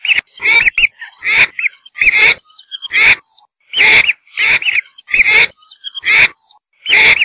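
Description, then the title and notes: Whistling duck calls: clipped whistled notes, each opening with a sharp crack, repeated many times. "Kicau Burung Belibis"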